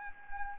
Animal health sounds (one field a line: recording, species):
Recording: mosquito wingbeat signal from an infrared sensor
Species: Anopheles gambiae